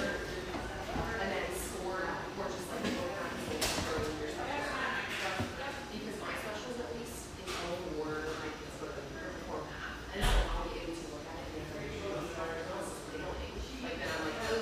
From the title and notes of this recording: Sausalito, California. Bubbly surf-shack-meets-espresso-bar in one of sunny Marin's best towns.